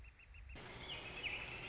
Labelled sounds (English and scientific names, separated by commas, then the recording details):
Northern Flicker (Colaptes auratus)
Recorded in Sonoma County, California